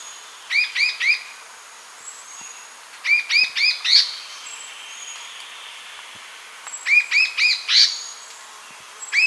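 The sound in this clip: Bird calls: several bursts, each of three or four rapid arched chirps, separated by a few seconds of quiet background.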